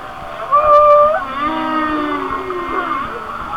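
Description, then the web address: Whale song with a steady tonal moan, followed by overlapping wavering tones and harmonics against a faint steady hiss. "Natures Songs Whale Songs Whale Songs"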